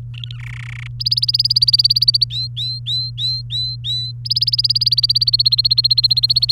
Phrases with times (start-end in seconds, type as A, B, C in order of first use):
0.14-0.37 A, 0.38-0.87 B, 1.00-2.24 C, 2.31-4.12 D, 4.25-6.52 C